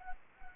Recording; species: mosquito wingbeat signal from an infrared sensor; Anopheles gambiae